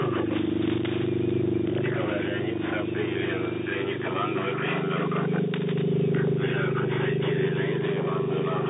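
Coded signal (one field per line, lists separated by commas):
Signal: coded military voice message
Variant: The Pip, Russian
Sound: noisy radio voice reading a message over a low buzzing marker tone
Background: radio static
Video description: "The Pip" is a Russian military radiostation that broadcasts on 5448 kHz at daytie and 3756 kHz at nighttime.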